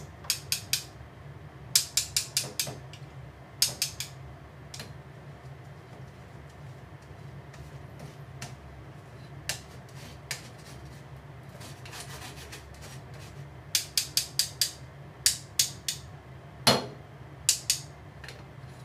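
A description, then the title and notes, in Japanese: Cooking sounds: sharp clicks and taps come in quick bursts, clustered near the start, around ten seconds, and heavily between fourteen and seventeen seconds. Underneath runs a steady low hum with a soft rubbing, scraping texture that continues throughout. 料理の音。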